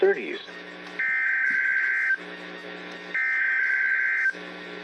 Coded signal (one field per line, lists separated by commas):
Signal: Emergency Alert System (SAME) tones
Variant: header bursts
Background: speech